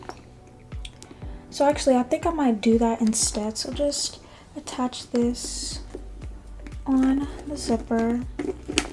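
A small metal padlock is handled and attached to the zipper pulls of a Louis Vuitton Alma PM handbag, with faint taps and rattles near 0.1, 0.9 and 6.7 seconds while someone talks. The clip ends before the padlock's shackle is pressed shut, so nothing has clicked or locked yet.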